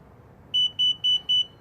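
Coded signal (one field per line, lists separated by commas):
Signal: beep code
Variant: Hansshow power trunk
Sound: four short, evenly spaced high-pitched beeps about a quarter second apart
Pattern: 4 short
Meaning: Four beeps confirm trunk speed setting 4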